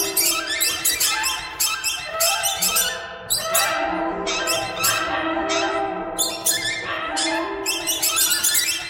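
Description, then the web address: Bird chatter, dense, harsh and high-pitched, with overlapping squeaky notes and repeated loud peaks throughout. "soundfactory birds"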